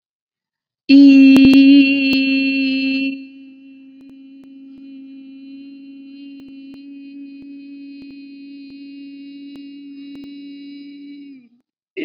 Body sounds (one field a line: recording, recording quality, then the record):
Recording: sustained vowel as in beet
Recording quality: excellent, no background noise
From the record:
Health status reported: COVID-19 positive, mild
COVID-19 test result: positive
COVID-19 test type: RT-PCR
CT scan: not taken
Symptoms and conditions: cough, sore throat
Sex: female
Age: 18 years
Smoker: no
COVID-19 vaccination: both doses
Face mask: not worn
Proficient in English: yes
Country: India